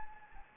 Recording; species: mosquito wingbeat signal from an infrared sensor; Anopheles gambiae